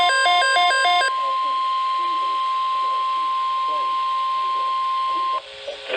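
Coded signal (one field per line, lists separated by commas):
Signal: Emergency Alert System (SAME) tones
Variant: 1050 Hz attention tone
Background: speech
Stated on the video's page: Severe Thunderstorm Warning alerts DXed on stations in and near Alabama, plus a couple of closer stations.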